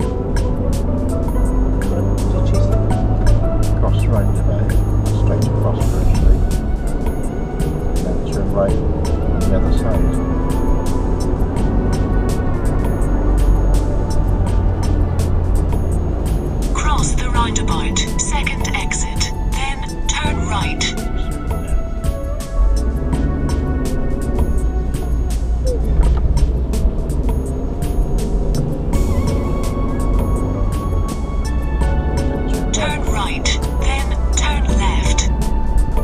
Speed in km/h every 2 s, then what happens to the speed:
32, 37, 37, 39, 42, 47, 47, 44, 35, 21, 13, 16, 19, 23, 31, 32, 31, 29.
0-12 speeds up to 47. 12-20 brakes to 13. 20-29 speeds up to 32.